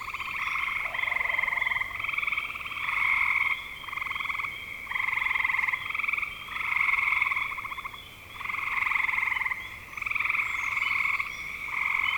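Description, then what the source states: Frogs call in rhythmic pulsed trill bursts, the chorus swelling and easing. Frogs recorded in spring 2025.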